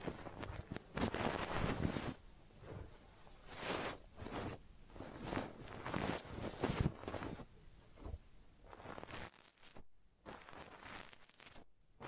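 A real head massage with ear cleaning: close scratching and rubbing through hair in dense, irregular strokes, some sharp, some softer and muffled. The sounds come in uneven bursts about every half second, with a brief quiet dip near ten seconds before sharper scrapes return.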